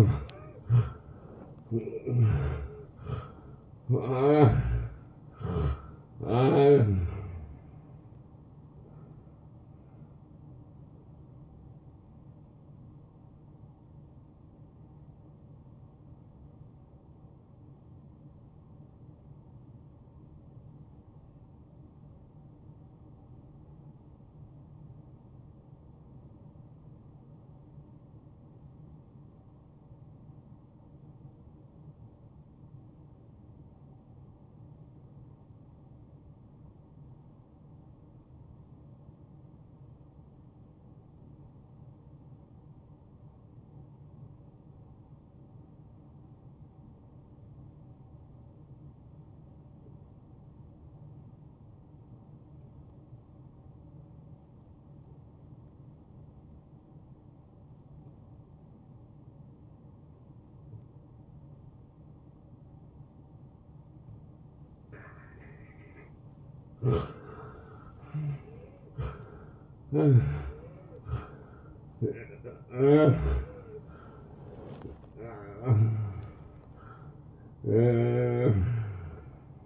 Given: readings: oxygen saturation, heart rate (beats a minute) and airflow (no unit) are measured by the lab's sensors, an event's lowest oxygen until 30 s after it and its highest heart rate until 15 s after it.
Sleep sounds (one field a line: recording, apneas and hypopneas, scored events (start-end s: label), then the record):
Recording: breathing in sleep by a smartphone at the bedside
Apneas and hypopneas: 1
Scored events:
21.00-67.90 s: obstructive apnea (N1, oxygen 94% highest, then 82% lowest)
38.00-68.00 s: new sleep stage, N2 (light sleep)
68.00-79.66 s: new sleep stage, N1 (lightest sleep)
From the record:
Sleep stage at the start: N1 (lightest sleep)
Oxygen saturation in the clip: 82 to 94%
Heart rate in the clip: 66 to 83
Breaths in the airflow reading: 8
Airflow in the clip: -17.8 to 9.8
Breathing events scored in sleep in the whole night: 263 in 5.5 hours asleep